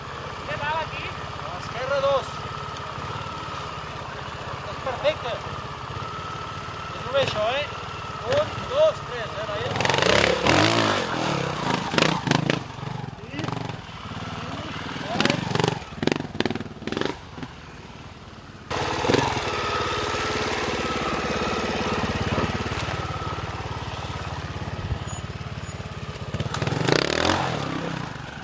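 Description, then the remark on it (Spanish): The motorcycle of Laia Sanz, trial enduro champion and Dakar rider: the engine idles with a steady low rumble, then revs hard in several loud, rattling bursts that rise and fall before settling back to a throaty idle. “Y vamos a arrancar también con el sonido de la moto de la IA Sanz.”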